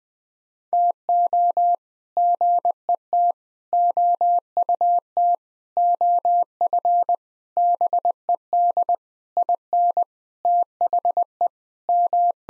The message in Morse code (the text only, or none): TO GET OUT OF BED IN THE M